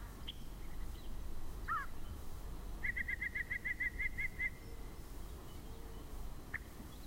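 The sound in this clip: Yellow-breasted chat song: a single cluck, then a fast even series of about a dozen clear piping notes, followed by an isolated sharp chip, with low background hum.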